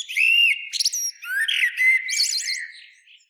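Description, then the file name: Common blackbird giving a short fluted whistle and squeaky high notes, ending in soft, fading twitters. "Turdus merula"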